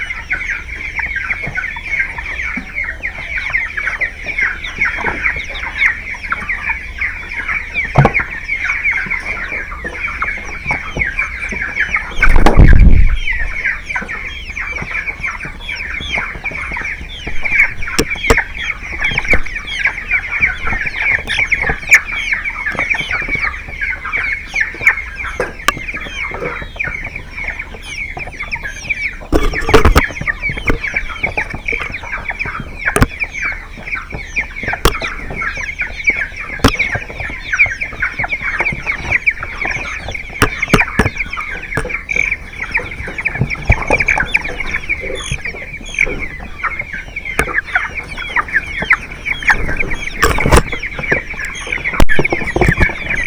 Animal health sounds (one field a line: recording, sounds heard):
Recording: poultry house recording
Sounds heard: background noise or bird activity such as feeding and pecking